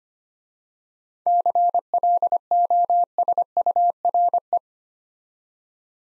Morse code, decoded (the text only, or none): CLOSURE